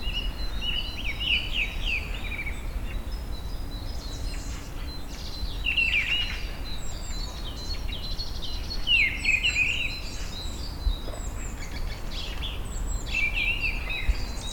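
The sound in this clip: Bird chirps and quick descending notes in scattered bursts, several birds calling, with continuous low-frequency rumble underneath throughout.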